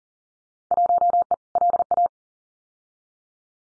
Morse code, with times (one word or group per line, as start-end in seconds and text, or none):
0.7-1.3 1E
1.6-2.1 LA